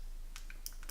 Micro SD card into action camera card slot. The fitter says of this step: you want to just push it down until it clicks into place like